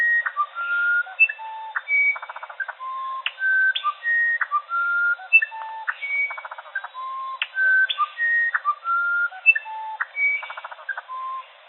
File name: Uirapuru-verdadeiro - Cyphorhinus arada